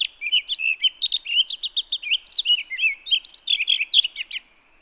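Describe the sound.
Townsend's solitaire pours out a quick, tumbling warble of high whistled and trilled notes that stops shortly before the end.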